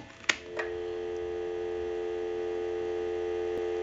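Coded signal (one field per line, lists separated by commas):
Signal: telephone call progress tone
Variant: North America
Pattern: dial tone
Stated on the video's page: Heard on a Western Electric Trimline wall telephone during initial checkout and repair.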